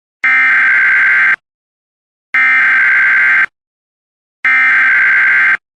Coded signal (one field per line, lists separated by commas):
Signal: Emergency Alert System (SAME) tones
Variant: header bursts